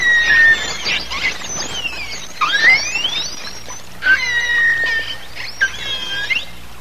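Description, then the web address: Pilot whale whistles, a busy mix of rising and falling tonal sweeps and steady high notes, overlapping in quick bursts with short pauses between them. "walvisstrandingen. pilot"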